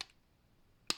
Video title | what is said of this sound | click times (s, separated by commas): DRAGON BALL Z: SH FIGUARTS - GINYU | Nice, satisfying click, just like that. | 0.9 s